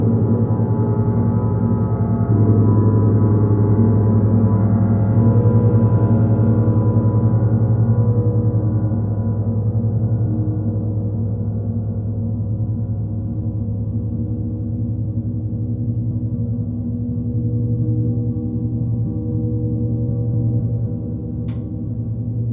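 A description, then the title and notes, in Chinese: A gong rings with a deep, sustained hum and shimmering low tones that swell slightly, then slowly fade, with a faint click near the end. 銅鑼練習Gong。銅鑼練習片段。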